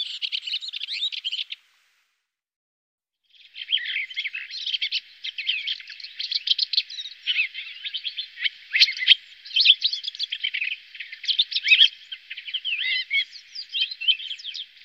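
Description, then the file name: Redwing twittering song: a short burst of high, scratchy warbled notes, a brief pause, then a long stream of similar notes. "koperwiek redwing"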